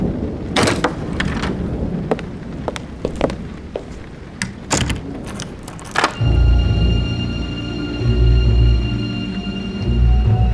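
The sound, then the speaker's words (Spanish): A thunderstorm with lightning: steady rain hisses and beats hard on window panes, with several sharp, bright cracks for the first few seconds, then a deep, heavy rumble of thunder rolls in and sustains under the downpour. “¿Y con esta tormenta?”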